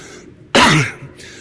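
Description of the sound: A single abrupt, harsh cough of about a third of a second, with a throat-clearing quality, rising sharply from a quiet room hiss. It is an isolated cough from an adult man in the middle of talking.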